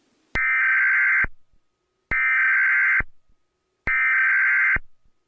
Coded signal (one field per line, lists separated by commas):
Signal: Emergency Alert System (SAME) tones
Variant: header bursts